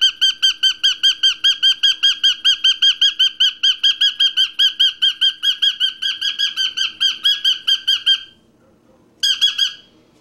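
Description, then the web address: Parrot repeating loud, squeaky arched notes in a fast unbroken run for about eight seconds, then a pause and a final short burst. "попугай"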